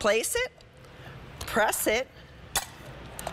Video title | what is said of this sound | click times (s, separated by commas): free ডেলিভারির সাথে,Makeup Product লিংকে click করুন,এখনই order করুন আপনার পছন্দের সকলপণ্য#মেয়েদের | pop it and then look easy as can be I am telling you if all | 2.6 s